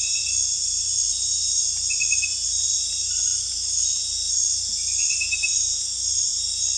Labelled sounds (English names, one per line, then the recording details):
none
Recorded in dense forest near Puerto Asís, Putumayo, Colombia, on 18 December 2024 at 19:30
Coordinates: 0.484, -76.317
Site G026